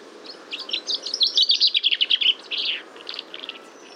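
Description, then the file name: Common chaffinch song: a quick run of bright, high notes running into a trill and ending in a short flourish. "Fringilla coelebs"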